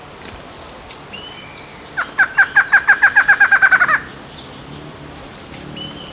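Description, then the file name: Bird call: a rapid string of many sharp repeated notes, with high clear whistles before and after. "SABIOD 50 bird 2015"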